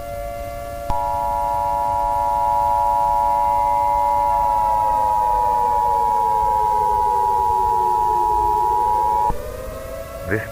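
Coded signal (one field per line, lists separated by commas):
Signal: Emergency Alert System (SAME) tones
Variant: 853 and 960 Hz attention tone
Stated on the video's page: Fictional zombie-apocalypse EAS scenario with altered Emergency Alert System tones.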